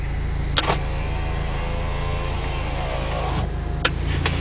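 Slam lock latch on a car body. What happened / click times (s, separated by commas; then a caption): The latch snapped shut / 0.6 s, 3.8 s. Slam locks on a small convertible car body are pushed shut and latch, with loud sharp clicks at 0.6 s and 3.9 s over a steady low hum. A softer click follows at 4.3 s, and the locks work well and latch.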